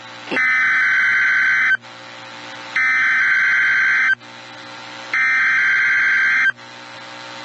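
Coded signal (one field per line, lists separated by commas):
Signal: Emergency Alert System (SAME) tones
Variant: header bursts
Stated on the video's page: Blizzard and snow squall warnings heard on NOAA Weather Radio.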